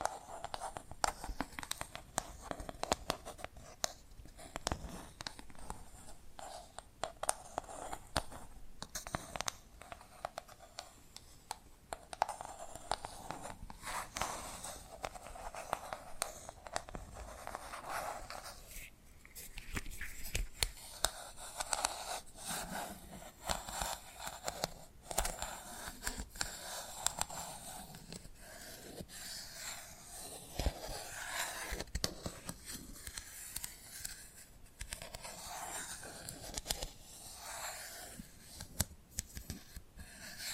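Tapping and scratching sounds run continuously for the whole stretch, made up of dense, irregular clicks and taps mixed with brushing scrapes. The level stays fairly even, with sharp bright taps popping out every second or so and no pauses.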